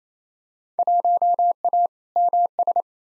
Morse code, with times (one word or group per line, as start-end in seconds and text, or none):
0.8-1.9 1A
2.2-2.8 MS